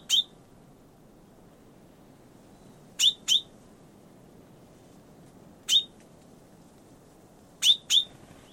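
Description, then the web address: Bird calls: high sharp chips given singly and in pairs at uneven gaps over a low, continuous background hiss. "Bird Only"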